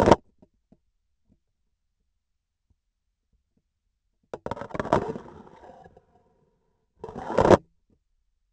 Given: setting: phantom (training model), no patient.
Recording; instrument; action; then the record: laparoscopic instrument, vibration sensor on the handle end; grasping forceps; insertion and removal through the trocar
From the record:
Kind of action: spatial motion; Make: other than Olympus